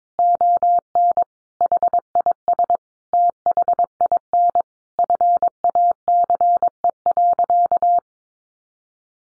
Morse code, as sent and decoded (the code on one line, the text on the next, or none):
--- -. / .... .. ... / - .... .. -. / ..-. .- -.-. . .-.-.-
ON HIS THIN FACE.